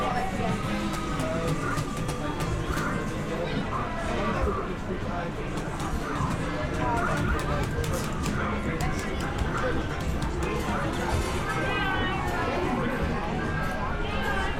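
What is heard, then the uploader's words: Inside an English seaside amusement arcade, a dense, steady wash of chatter and machine noise runs throughout. Voices overlap constantly over a low rumble, with frequent short clicks and metallic ticks scattered across the whole stretch, and occasional warbling electronic tones rising above the crowd. The nostalgic ambiance of an English seaside town amusement arcade. The sounds of clinking coins, whirring machines, and lively chatter. This binaural field recording captures the vibrant ambiance of a bustling arcade.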